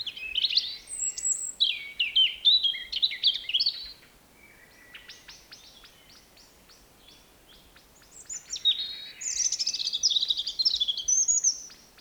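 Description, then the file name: European robin song: rich, high, tinkling phrases of rapid warbled and thin whistled notes, loud bursts at start and end with softer phrases between. "Erithacus rubecula"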